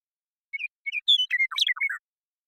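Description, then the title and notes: Western meadowlark song with two short clear notes, then a bright, rapid tumble of gurgling whistles that drops lower near the end; nothing else audible. Song, isolated and processed from the original with natural pace and rhythm kept; recorded in the Pacific Northwest, Washington, United States. "Western Meadowlark, Sturnella neglecta, song, contact calls, and flush, isolated and processed from original, natural pace and rhythm maintained, family: Troupials and Allies Recorded in the beautiful Pacific Northwest in Washington, United States"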